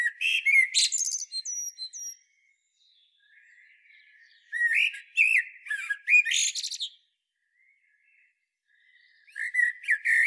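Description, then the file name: Common blackbird singing phrases of mellow whistles ending in high chattering twitters, repeated about every four to five seconds. "Turdus merula"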